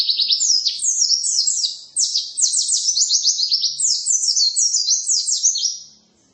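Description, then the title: White-eye song delivered as a fast, continuous stream of high, thin, sliding chirps lasting about six seconds, then fading out. "pleci"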